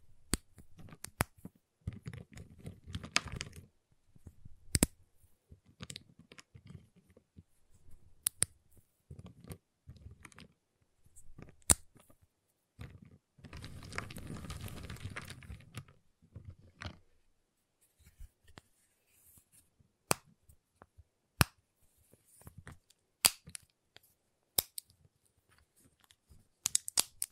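Tapping, cutting and snapping sounds from a giant chocolate bar. Sharp cracks and clicks come irregularly throughout, with quick clusters of tapping early on and a denser, rustling stretch of cutting around the middle. Brief silences separate many of the snaps.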